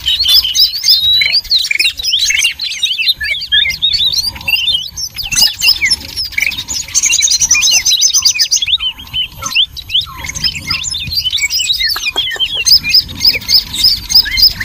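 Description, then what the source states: Birds twittering noisily, high chirps pouring out continuously. Noisy bird chorus used as a lure for catching birds.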